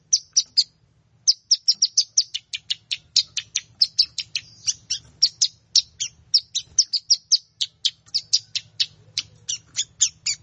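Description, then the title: Plain prinia song of quick, scratchy high notes delivered steadily after a short pause near the start. "Ciblek Sawah"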